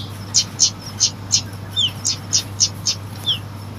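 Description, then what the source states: Lovebird chirping: a fast series of shrill high chips, about four per second, with two down-slurred squeaks, over a steady low hum. Recording used to lure lovebirds.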